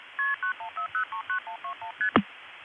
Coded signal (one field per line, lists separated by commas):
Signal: multi-frequency trunk signalling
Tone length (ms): 110 ms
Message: KP91039121ST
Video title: Warwick and the 914 Area of NY, pgm. 4: Phreaking via Warwick (December 1975)